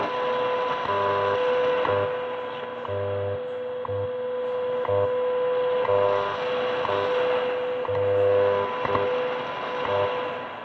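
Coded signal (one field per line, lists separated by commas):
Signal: radio time signal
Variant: WWV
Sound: steady mid-pitched tone with a short tick every second and low pulsing hum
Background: radio static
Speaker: Oh a pretty good signal here from WWV time signal from Boulder Colorado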